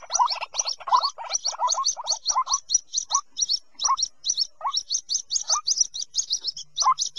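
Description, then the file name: White-breasted waterhen calls: quick run of rising notes topped by high ticks, then spaced single upslurred notes with steady high chips between. Young bird. "Tieng quoc con keu"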